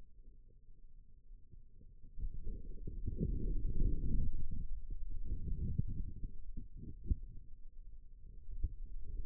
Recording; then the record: forearm muscle sounds (acoustic myography)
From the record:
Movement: radial deviation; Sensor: system 2, bracelet of six BSWA MPA416 microphones around the upper forearm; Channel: 4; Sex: male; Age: 22 years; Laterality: right